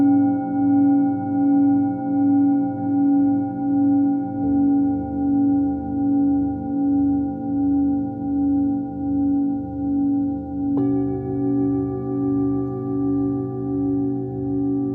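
A Tibetan singing bowl rings with a steady, sustained tone and a slow, regular wobble that pulses about once a second. The low hum holds throughout, with higher overtones shimmering above; around four seconds and again near eleven seconds the ringing shifts as new tones enter.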